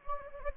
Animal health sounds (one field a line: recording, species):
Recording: mosquito wingbeat signal from an infrared sensor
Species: Anopheles gambiae